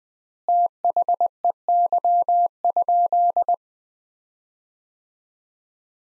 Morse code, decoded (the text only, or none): THEY?